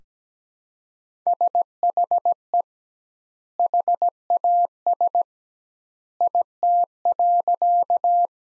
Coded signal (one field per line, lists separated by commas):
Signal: Morse code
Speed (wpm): 17 wpm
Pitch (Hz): 700 Hz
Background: none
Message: SHE HAS IT.